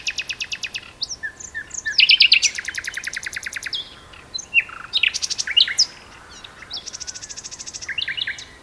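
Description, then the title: Common nightingale singing fast repeated chip series and dense rattles, switching between phrases, over a faint steady hum. Two nightingales singing a duet on heathland at Westleton Heath. "sanderson. nightingale duet on westleton heath"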